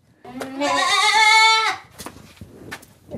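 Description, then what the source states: Anglo-Nubian goat bleating: one long, strongly harmonic bleat lasting about a second and a half, followed by soft clicks and faint background sounds. Anglo-Nubian goats, mainly kids, calling at a farm in Horní Ředice.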